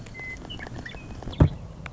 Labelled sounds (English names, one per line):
Western Meadowlark